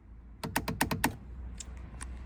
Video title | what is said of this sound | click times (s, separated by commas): JQ Magnetic Paddles Porsche PDK | So now you can just pop that straight into place and push it and it will click straight in. | 0.4 s, 0.6 s, 0.7 s, 0.8 s, 1.0 s